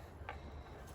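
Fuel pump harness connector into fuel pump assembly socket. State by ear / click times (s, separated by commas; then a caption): seated / 0.3 s. On a 2006 Mercedes-Benz E55 AMG, the fuel pump wiring harness plug is pushed onto its socket on the fuel tank sending unit until it snaps. A single sharp tick is heard at 0.3 s over a low, steady background noise, and the connector is seated.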